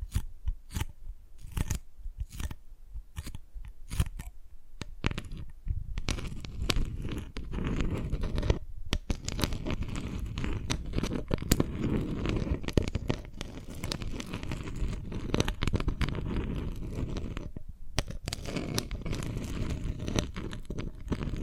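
Dalgona candy tapping starts as sharp separate clicks, then after five seconds becomes dense, continuous cracking and scraping with occasional louder snaps.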